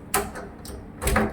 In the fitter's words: So ஆட்டோமேட்டிக்காக இப்போ வந்து பார்த்திங்கன்னா லாக் வந்து நம்ம ரிமூவ் பண்ணிட்டோம். சரிங்களா?